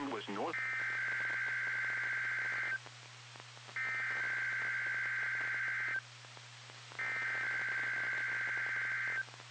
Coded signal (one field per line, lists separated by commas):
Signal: Emergency Alert System (SAME) tones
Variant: header bursts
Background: speech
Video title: WXJ41 Required Weekly Test (2/17/21) (EAS 4500)